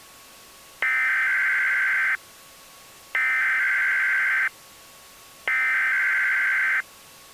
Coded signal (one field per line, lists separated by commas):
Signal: Emergency Alert System (SAME) tones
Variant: header bursts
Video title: EAS Mock #10: The Great Lake Erie Earthquake